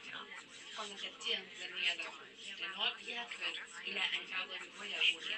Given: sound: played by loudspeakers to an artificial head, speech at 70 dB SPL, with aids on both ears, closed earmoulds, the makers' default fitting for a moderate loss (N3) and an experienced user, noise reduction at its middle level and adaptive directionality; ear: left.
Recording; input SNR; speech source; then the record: speech test signal (ISTS) in cocktail-party noise; 0 dB; on the right (90 degrees)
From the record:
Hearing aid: class 1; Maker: I